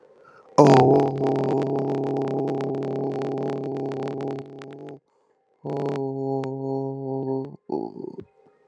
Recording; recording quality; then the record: sustained vowel as in boot; moderate, slight background noise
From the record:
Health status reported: healthy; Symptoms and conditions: none ticked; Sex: male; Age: 25 years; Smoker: yes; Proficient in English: yes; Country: India